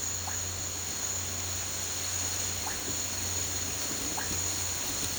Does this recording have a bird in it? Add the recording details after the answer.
no. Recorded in pastures near Puerto Asís, Putumayo, Colombia, on 8 March 2025 at 15:00. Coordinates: 0.466, -76.322. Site CSA-02